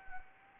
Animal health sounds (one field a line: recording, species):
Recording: mosquito wingbeat signal from an infrared sensor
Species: Anopheles arabiensis